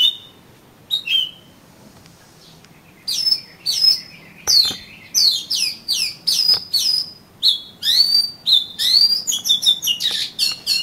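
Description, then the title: Oriental magpie-robin song: after a quiet start, a fast, varied run of whistled and slurred notes, growing busier and denser toward the end. "Kacer Kacer"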